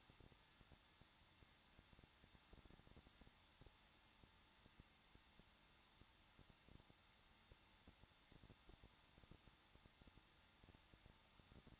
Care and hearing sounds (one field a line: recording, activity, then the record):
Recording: daily activity, microphone in the room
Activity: no activity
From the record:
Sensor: 3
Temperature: 21.2 degrees Celsius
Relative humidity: 36.4%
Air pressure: 1006.4 hPa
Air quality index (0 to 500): 224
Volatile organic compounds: 44 ppm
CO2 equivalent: 3211 ppm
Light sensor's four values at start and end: 2/3/2/2 and 2/3/2/2